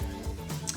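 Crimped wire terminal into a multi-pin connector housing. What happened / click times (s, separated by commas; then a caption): The wire terminal clicked into the connector housing / 0.7 s. A crimped wire terminal, whose small locking tangs were spread after it had not seated, is pushed back into a plastic multi-pin handlebar-switch connector housing over steady background music. A sharp tick sounds at 0.7 s as the terminal pops into the housing and seats.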